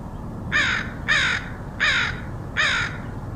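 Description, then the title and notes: Crow uttering a series of four rasping caws at a steady pace. Crows recorded in Portland, Oregon, in August 2003. "Crows of Portland. Crows recorded by Dan Bodah in Portland, OR, August 2003"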